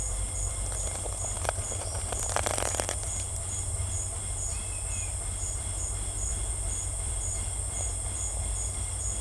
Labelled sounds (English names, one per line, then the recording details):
none
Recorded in secondary vegetation near Puerto Asís, Putumayo, Colombia, on 16 December 2024 at 11:00
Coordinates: 0.481, -76.318
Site G042